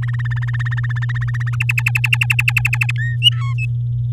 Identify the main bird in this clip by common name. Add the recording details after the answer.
Domestic Canary. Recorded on 11 May 2018 at 06:02. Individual llb16